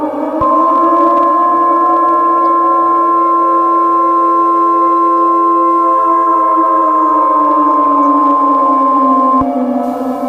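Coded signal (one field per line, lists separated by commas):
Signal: Emergency Alert System (SAME) tones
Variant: 1050 Hz attention tone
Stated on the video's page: Fictional EAS scenario about a Godzilla attack; simulated alert.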